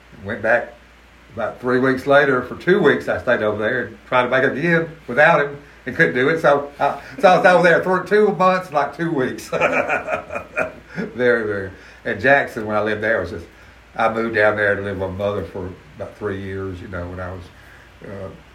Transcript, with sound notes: went back about three weeks later for two weeks I stayed over there and tried to make it without him, and couldn’t do it. So I was down there for two months like two weeks. (laughs) And Jackson when I lived there was just- I moved down there to live with my mother for ‘bout three years, you know, when I was